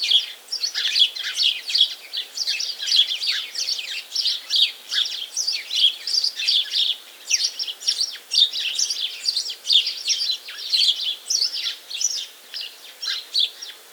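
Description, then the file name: House sparrow chirping busily, short sharp chirps following one another without letup throughout. "Passer domesticus"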